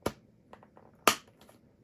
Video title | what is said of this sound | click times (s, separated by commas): Defrost, Dimmer, Mirror SW - Custom Accessories | then that just snaps in place so that's the S2000 start button | 1.1 s